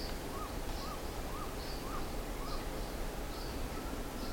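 Bird calls: a regular series of brief arched notes, about two per second, with fainter high notes above, against constant hiss.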